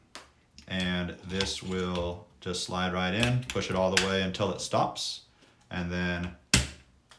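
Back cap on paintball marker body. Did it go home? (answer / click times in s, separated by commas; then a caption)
yes / 6.5 s. Someone talks while the Nucleus engine is slid fully into the body of a Field One Force paintball marker and the back cap is pushed down to close the gap. A sharp click at 6.5 s marks it seating shut, though it may be the cap clicking or the engine bottoming out.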